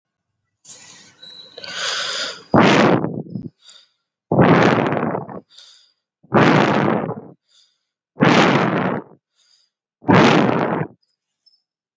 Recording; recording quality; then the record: deep breathing; excellent, no background noise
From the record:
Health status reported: COVID-19 positive, mild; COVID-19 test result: positive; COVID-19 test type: RT-PCR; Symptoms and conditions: cold, fatigue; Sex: female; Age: 27 years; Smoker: no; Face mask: not worn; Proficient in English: yes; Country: India